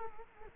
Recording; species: mosquito wingbeat signal from an infrared sensor; Culex quinquefasciatus